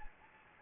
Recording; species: mosquito wingbeat signal from an infrared sensor; Anopheles gambiae